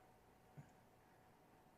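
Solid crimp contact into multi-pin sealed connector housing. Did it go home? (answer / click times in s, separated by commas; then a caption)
no / none. A solid crimp contact on a brown wire is lined up at the opening of a multi-pin sealed connector housing before being pushed home. Only low background noise and a single soft, muffled bump around 0.6 s are heard. Nothing has seated or clicked yet.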